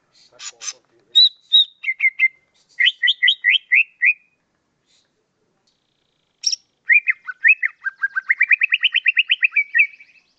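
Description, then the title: Leafbird song: a harsh note, then a series of quick whistled notes, and after a pause a long fast run of whistled notes ending in a rapid trill. "CUCAK IJO"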